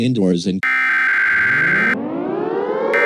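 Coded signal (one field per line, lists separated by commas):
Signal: Emergency Alert System (SAME) tones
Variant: header bursts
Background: speech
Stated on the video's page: Fictional EAS scenario, a simulated alert rather than a real broadcast.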